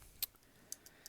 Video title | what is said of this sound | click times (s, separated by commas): Polar Engineering Nissan Z32 300ZX Fuel Pump Hanger Overview (2+2) | lock into uh into its lock location and it's going to be set to go it's not going to come off like ever | 0.2 s, 0.7 s